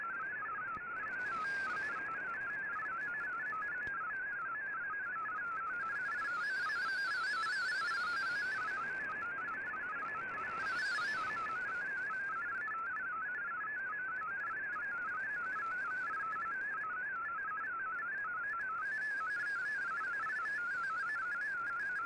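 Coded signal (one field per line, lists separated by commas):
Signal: multi-tone FSK (Olivia or MFSK type)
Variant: MFSK32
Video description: Here is my decode of the Shortwave Radiogram broadcast today on 15770Khz shortwave radio at 1300UTC in MFSK32 and 64 with 10 SSTV images.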